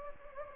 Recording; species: mosquito wingbeat signal from an infrared sensor; Anopheles gambiae